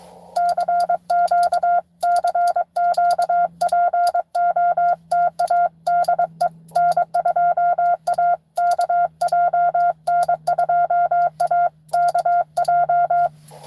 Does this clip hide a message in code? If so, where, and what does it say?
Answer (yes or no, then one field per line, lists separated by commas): yes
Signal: Morse code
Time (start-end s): 0.4-13.3 s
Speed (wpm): 22 wpm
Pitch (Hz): 700 Hz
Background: none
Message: CQ CQ POTA DE N2AKJ N2AKJ